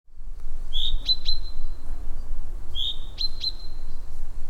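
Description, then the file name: Common chaffinch giving two high calls, each a short rising whistle held as a steady thin tone with sharp ticks, over a strong low rumble. "Fringilla coelebs"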